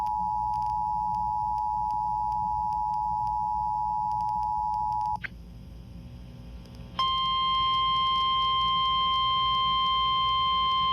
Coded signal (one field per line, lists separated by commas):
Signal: Emergency Alert System (SAME) tones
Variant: 853 and 960 Hz attention tone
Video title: SVR on 104.1 WIKY-FM (EAS #110)